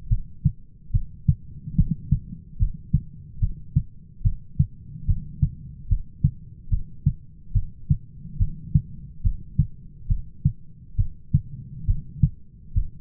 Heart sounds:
heart sounds by stethoscope; 71 bpm
0.11 s: heartbeat
0.94 s: heartbeat
1.78 s: heartbeat
2.60 s: heartbeat
3.42 s: heartbeat
4.25 s: heartbeat
5.08 s: heartbeat
5.90 s: heartbeat
6.71 s: heartbeat
7.55 s: heartbeat
8.40 s: heartbeat
9.24 s: heartbeat
10.10 s: heartbeat
10.98 s: heartbeat
11.88 s: heartbeat
12.76 s: heartbeat
From the record:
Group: heart failure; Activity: rest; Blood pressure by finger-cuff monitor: 126/93 mmHg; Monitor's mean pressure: 105 mmHg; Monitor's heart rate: 71 bpm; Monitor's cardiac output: 6.3 L/min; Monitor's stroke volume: 87 mL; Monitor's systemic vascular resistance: 1250 dyn s/cm5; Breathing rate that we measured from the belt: 18 breaths a minute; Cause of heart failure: idiopathic cardiomyopathy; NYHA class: 1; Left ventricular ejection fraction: 50%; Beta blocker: bisoprolol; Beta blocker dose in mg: 5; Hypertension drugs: candesartan, spironolactone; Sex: male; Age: 54 years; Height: 180 cm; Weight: 94.6 kg

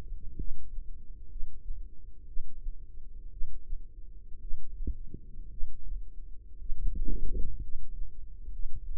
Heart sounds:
heart sounds by microphone in the left ear; 59 bpm
0.36 s: heartbeat
1.28 s: heartbeat
2.25 s: heartbeat
3.29 s: heartbeat
4.39 s: heartbeat
5.48 s: heartbeat
6.57 s: heartbeat
7.59 s: heartbeat
8.49 s: heartbeat
From the record:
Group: healthy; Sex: male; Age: 25 years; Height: 170 cm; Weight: 70.4 kg

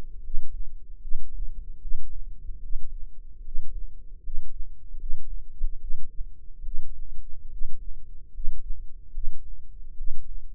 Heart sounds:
heart sounds by microphone in the left ear; 74 bpm
0.19 s: heartbeat
0.97 s: heartbeat
1.77 s: heartbeat
2.58 s: heartbeat
3.40 s: heartbeat
4.19 s: heartbeat
4.96 s: heartbeat
5.77 s: heartbeat
6.61 s: heartbeat
7.47 s: heartbeat
8.29 s: heartbeat
9.10 s: heartbeat
9.93 s: heartbeat
From the record:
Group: healthy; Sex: female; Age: 22 years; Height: 171 cm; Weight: 65.6 kg

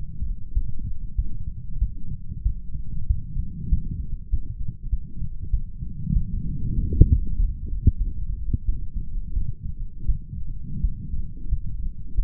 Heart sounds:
heart sounds by stethoscope; 93 bpm
0.53 s: heartbeat
1.16 s: heartbeat
1.79 s: heartbeat
2.43 s: heartbeat
3.07 s: heartbeat
3.69 s: heartbeat
4.30 s: heartbeat
4.90 s: heartbeat
5.51 s: heartbeat
6.13 s: heartbeat
6.75 s: heartbeat
7.36 s: heartbeat
7.98 s: heartbeat
8.65 s: heartbeat
9.34 s: heartbeat
10.06 s: heartbeat
10.81 s: heartbeat
11.49 s: heartbeat
12.15 s: heartbeat
From the record:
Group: healthy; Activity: light exercise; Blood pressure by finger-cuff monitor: 121/75 mmHg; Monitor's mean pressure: 92 mmHg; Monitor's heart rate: 96 bpm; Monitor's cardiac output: 7.2 L/min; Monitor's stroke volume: 75 mL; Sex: male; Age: 35 years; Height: 178 cm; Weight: 64 kg

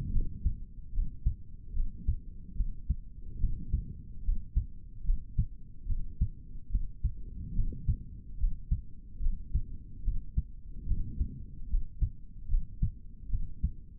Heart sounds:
heart sounds by stethoscope; 73 bpm
0.11 s: heartbeat
0.92 s: heartbeat
1.73 s: heartbeat
2.55 s: heartbeat
3.39 s: heartbeat
4.23 s: heartbeat
5.04 s: heartbeat
5.86 s: heartbeat
6.70 s: heartbeat
7.54 s: heartbeat
8.38 s: heartbeat
9.20 s: heartbeat
10.03 s: heartbeat
10.86 s: heartbeat
11.68 s: heartbeat
12.48 s: heartbeat
13.29 s: heartbeat
From the record:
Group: healthy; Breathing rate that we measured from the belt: 17 breaths a minute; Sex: male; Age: 55 years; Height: 167 cm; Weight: 57.2 kg

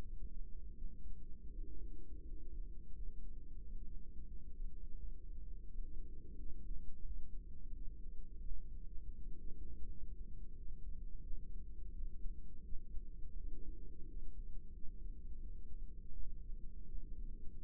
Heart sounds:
heart sounds by microphone in the right ear; 85 bpm
0.00 s: heartbeat
0.73 s: heartbeat
1.50 s: heartbeat
2.24 s: heartbeat
2.92 s: heartbeat
3.59 s: heartbeat
4.27 s: heartbeat
4.96 s: heartbeat
5.65 s: heartbeat
6.35 s: heartbeat
7.03 s: heartbeat
7.71 s: heartbeat
8.43 s: heartbeat
9.15 s: heartbeat
9.86 s: heartbeat
10.54 s: heartbeat
11.21 s: heartbeat
11.91 s: heartbeat
12.63 s: heartbeat
13.35 s: heartbeat
14.05 s: heartbeat
14.72 s: heartbeat
15.39 s: heartbeat
16.11 s: heartbeat
16.85 s: heartbeat
17.60 s: heartbeat
From the record:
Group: healthy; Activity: rest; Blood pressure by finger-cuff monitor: 100/57 mmHg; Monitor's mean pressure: 75 mmHg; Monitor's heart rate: 86 bpm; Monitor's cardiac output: 8 L/min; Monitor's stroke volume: 93 mL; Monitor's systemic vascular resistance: 670 dyn s/cm5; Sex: female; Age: 24 years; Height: 163 cm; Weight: 55.7 kg

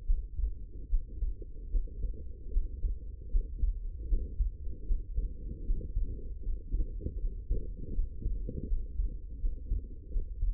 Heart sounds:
heart sounds by stethoscope; 78 bpm
0.06 s: heartbeat
0.89 s: heartbeat
1.71 s: heartbeat
2.52 s: heartbeat
3.31 s: heartbeat
4.08 s: heartbeat
4.86 s: heartbeat
5.65 s: heartbeat
6.43 s: heartbeat
7.19 s: heartbeat
7.94 s: heartbeat
8.67 s: heartbeat
9.40 s: heartbeat
10.11 s: heartbeat
From the record:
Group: healthy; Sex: female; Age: 19 years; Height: 163 cm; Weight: 51 kg

